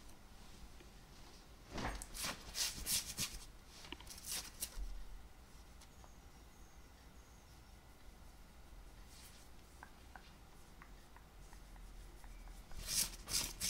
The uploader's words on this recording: ASMR - FABRIC SCRATCHING(Jeans shirt skin scratching, belt sounds).